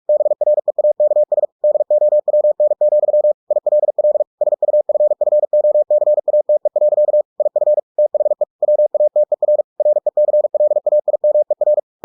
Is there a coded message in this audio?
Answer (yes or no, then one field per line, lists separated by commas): yes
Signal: Morse code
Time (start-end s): 0.1-11.8 s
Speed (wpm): 46 wpm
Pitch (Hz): 600 Hz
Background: none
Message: BREAKS DOWN, ILL SUFFOCATE. IF THE WATER RECLAIMER